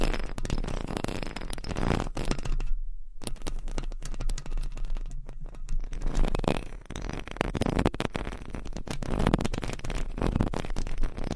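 Mic scratching fills the clip with dense, rough scraping and rustling that runs almost without a break and swells and eases in waves. The sound is full and low-heavy with a hissy top. There are brief near-silent gaps just before 3 seconds and around 5 to 6 seconds.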